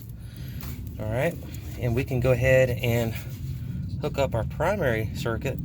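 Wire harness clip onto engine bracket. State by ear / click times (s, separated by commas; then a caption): seated / 0.6 s. On a 2005 Honda Odyssey during a starter replacement, the engine wire harness is slid back up onto its metal bracket until its plastic clip clicks into place at 0.6 seconds. Someone then talks for the rest of the clip.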